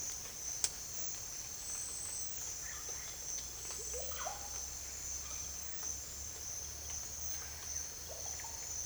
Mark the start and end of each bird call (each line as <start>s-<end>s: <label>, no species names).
2.51s-2.91s: bird call
3.67s-4.44s: bird call
7.99s-8.50s: bird call